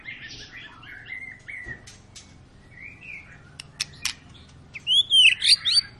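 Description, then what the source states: White-rumped shama song with soft warbled phrases and sharp clicks, building to a burst of loud, high, rapidly repeated slurred whistles near the end. Long lure recording (pancingan) of a persistently singing (gacor) white-rumped shama, used to prompt other birds to sing.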